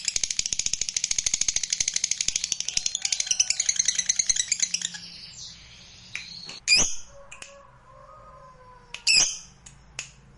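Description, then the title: Lovebird fast shrill chattering for about five seconds, fading into quiet with a few scattered sharp squeaks and chirps. Lovebird song used to stimulate a lazy lovebird into singing spontaneously and at length. "LOVEBIRD Malas Bunyi JADI GREGET SPONTAN Langsung NARIK"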